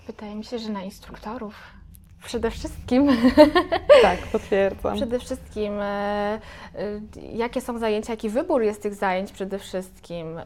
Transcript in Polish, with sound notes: Wydaje mi się, że na instruktorów. Przede wszystkim [śmiech]
Tak, potwierdzam.
Przede wszystkim jakie są zajęcia, jaki wybór jest tych zajęć przede wszystkim.